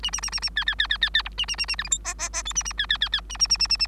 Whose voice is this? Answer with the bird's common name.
Bengalese Finch